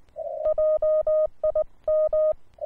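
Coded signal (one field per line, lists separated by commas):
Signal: Morse code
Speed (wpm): 18 wpm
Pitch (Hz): 620 Hz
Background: none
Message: JIM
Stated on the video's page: QRP CW from a uSDX rig.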